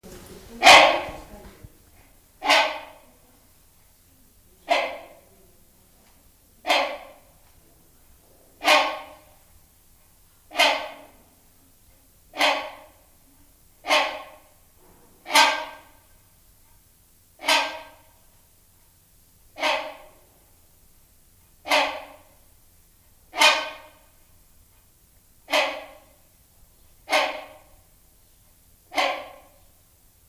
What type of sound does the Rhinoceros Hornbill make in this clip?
call